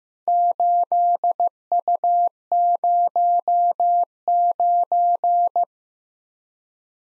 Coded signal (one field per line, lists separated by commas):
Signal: Morse code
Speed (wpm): 15 wpm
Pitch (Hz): 700 Hz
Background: none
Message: 8U09